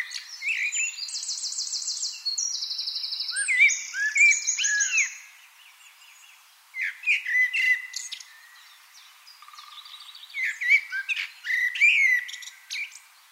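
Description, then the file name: Common blackbird song phrases, fluty then squeaky, alongside a separate bird's quick, high, metallic trills early on. "Turdus merula"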